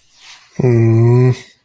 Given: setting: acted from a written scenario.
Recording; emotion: vocal sound without words; guilt